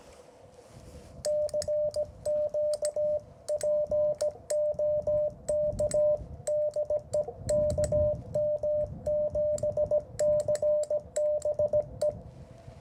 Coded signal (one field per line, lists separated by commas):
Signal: Morse code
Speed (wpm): 17 wpm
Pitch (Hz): 600 Hz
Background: radio noise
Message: CQ POK DE KM7CBE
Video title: A Quick POTA Activation @ Kartchner Caverns State Park, AZ